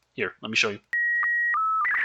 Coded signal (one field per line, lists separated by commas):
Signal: SSTV (slow-scan television)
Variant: Robot 12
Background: speech